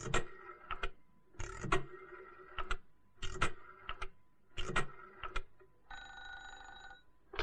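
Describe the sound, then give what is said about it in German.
A telephone bell rings in four short, rattling bursts at a steady rhythm, then gives way to a brief steady electronic tone. No one speaks. “So, ich gehe schnell telefonieren.”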